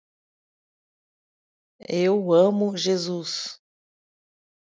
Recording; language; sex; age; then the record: short text; Brazilian Portuguese; female; 40 to 49 years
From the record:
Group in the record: control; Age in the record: 47 years